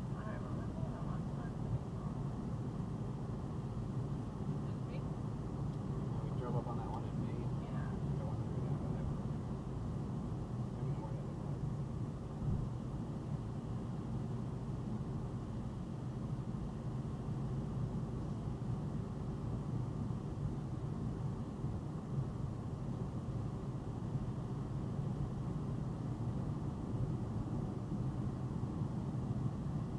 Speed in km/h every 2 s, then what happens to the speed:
101, 101, 100, 98, 98, 97, 97, 95, 95, 97, 97, 97, 97, 95, 95.
0-30 steady at about 97.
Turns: none.